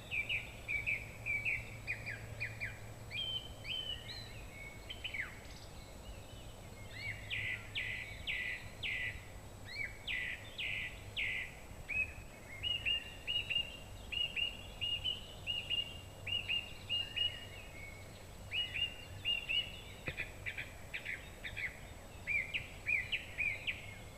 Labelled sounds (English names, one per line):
Song Thrush song